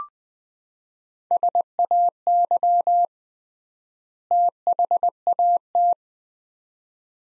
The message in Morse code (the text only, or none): SAY THAT